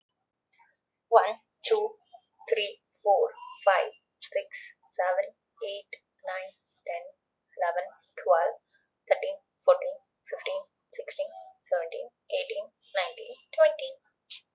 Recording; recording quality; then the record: counting at a normal pace; excellent, no background noise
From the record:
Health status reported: healthy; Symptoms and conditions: none ticked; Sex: female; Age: 25 years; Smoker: not ticked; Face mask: not worn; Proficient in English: yes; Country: India